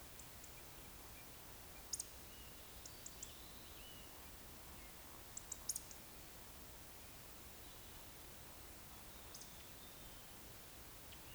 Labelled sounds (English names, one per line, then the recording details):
Eurasian Woodcock
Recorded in Baden-Württemberg, Germany, on 28 May 2021 at 19:38 UTC
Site 45967, 814 m above sea level